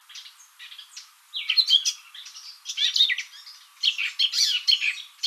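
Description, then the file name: Eurasian blackcap song: soft scattered notes at first, then three louder bursts of rapid, scratchy warbling. "Sylvia atricapilla"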